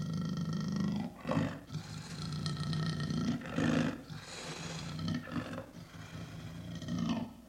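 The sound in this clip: Leopard calling with a series of hoarse, rasping, breathy bursts separated by short gaps.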